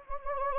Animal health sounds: mosquito wingbeat signal from an infrared sensor; Anopheles gambiae

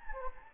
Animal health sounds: mosquito wingbeat signal from an infrared sensor; Anopheles gambiae

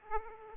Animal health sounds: mosquito wingbeat signal from an infrared sensor; Aedes aegypti

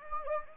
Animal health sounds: mosquito wingbeat signal from an infrared sensor; Anopheles gambiae

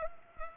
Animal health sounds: mosquito wingbeat signal from an infrared sensor; Culex pipiens

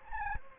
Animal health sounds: mosquito wingbeat signal from an infrared sensor; Anopheles gambiae

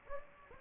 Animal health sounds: mosquito wingbeat signal from an infrared sensor; Anopheles gambiae

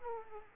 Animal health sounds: mosquito wingbeat signal from an infrared sensor; Aedes aegypti

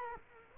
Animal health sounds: mosquito wingbeat signal from an infrared sensor; Culex quinquefasciatus

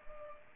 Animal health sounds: mosquito wingbeat signal from an infrared sensor; Culex pipiens

